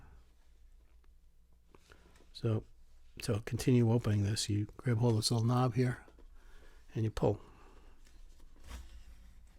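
Someone talks while grabbing the small knob on the lens standard of a Kodak 2A Hawk-eye Model B folding camera and beginning to pull the standard and bellows out along the metal bed track. Only faint handling sounds are heard under the voice, and nothing has seated or snapped into place yet.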